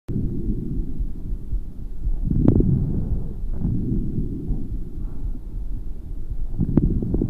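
Coarse crackles heard over an adult's lungs through a stethoscope, low-pitched popping sounds set against a deep rumbling background.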